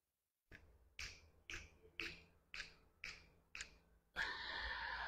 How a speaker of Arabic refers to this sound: حضرتك سمعت نقطة الميه؟ عشان خاطر بس.